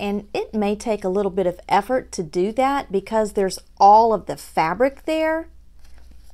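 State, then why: Not seated. A craft clip or fastener is pushed through the back of a stuffed fabric sunflower so it comes out at the front, taking some effort through the layers of fabric. Someone talks for most of the clip, followed by a few faint soft handling sounds near the end. Nothing has seated or snapped into place yet.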